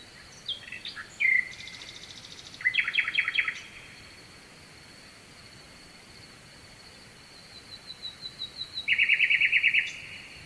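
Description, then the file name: Nightingale singing: chirps, a rapid buzzy trill and a run of repeated notes, a long pause over a steady hiss, then a series of notes leading into a loud rattling trill. Night song, recorded at Kovachevitsa, Bulgaria, with a distant stream. "Noshten slavej i dalechen potok (s Kovachevica)"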